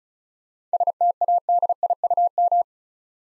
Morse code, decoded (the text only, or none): STADIUM